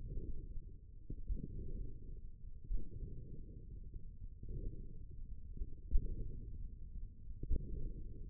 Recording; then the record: forearm muscle sounds (acoustic myography)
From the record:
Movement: hand closing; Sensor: system 1, eight BSWA MPA416 microphones around the upper forearm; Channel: 7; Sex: male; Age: 54 years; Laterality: right